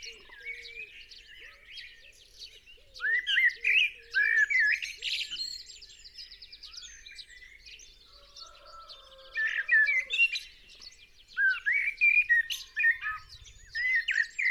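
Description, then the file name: Common blackbird fluted, warbling phrases in bursts from about three seconds on, with a soft lower voice early on. "Turdus merula"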